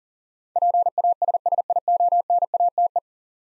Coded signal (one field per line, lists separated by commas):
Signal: Morse code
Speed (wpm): 37 wpm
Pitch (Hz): 700 Hz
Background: none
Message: PASSIONATE